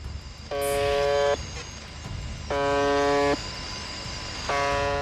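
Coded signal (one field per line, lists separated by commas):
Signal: channel marker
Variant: UVB-76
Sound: repeated harsh low buzzes about 0.8 s long, three in five seconds, with hiss between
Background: radio static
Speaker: 자 라디오에서 끊임없이 들려오는 의문의 버저이 소리는 1분의 약 25 번씩 2시간 내내 송출됩니다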